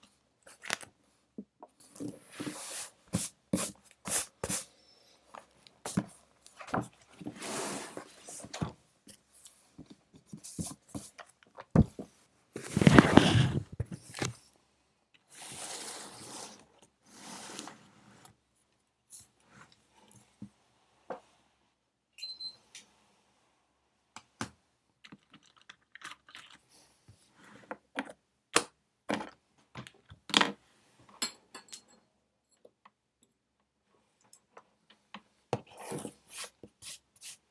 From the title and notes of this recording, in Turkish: Sessiz odada 60 dakika boyunca kurşun kalem ile ders çalışma; ortam sesleri, beyaz gürültü alt yapısı.